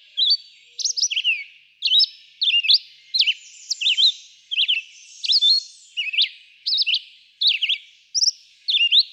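Red-eyed vireo song, a steady run of brisk up-and-down whistled phrases with short gaps.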